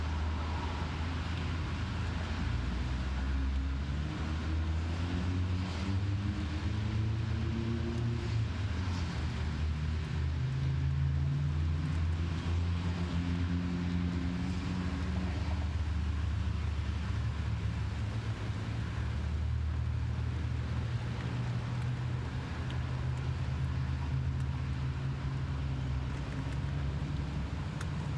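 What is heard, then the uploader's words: Rain hisses steadily against a car window over a deep, constant engine drone from inside the vehicle. The low hum slowly rises and falls in pitch, especially between about five and fifteen seconds, while the dense wash of rain stays even throughout. Sleep Rain On Car Window Ambient Noise.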